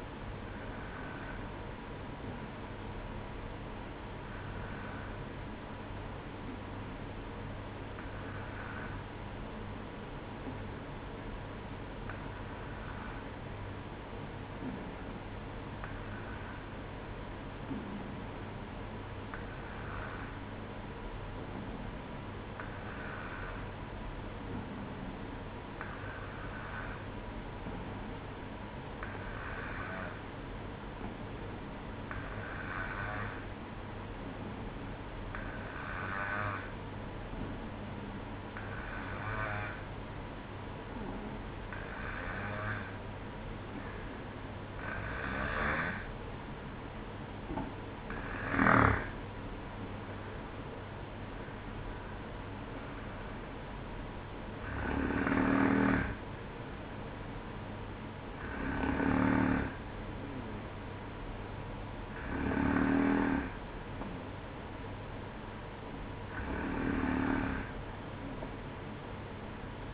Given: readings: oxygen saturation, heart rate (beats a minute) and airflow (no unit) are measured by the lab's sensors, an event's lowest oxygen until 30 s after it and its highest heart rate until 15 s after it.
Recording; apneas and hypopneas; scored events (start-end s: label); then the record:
breathing in sleep by a voice recorder at the bedside; 1
3.00-48.00 s: hypopnea (N1, oxygen 95% highest, then 92% lowest, heart rate 59 at the start, 64 highest)
7.00-69.94 s: new sleep stage, N2 (light sleep)
From the record:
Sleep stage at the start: N1 (lightest sleep); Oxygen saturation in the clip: 92 to 95%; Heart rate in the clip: 59 to 64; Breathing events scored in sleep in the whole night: 305 in 9.6 hours asleep